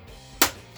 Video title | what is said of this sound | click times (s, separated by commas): Como montar um PC Gamer | Você tem que conferir se ele encaixou direitinho. Tudo bem, encaixou direto | 0.4 s